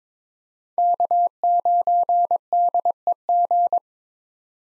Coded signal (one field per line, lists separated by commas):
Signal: Morse code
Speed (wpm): 22 wpm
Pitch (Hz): 700 Hz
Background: none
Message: K9DEG